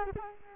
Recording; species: mosquito wingbeat signal from an infrared sensor; Culex quinquefasciatus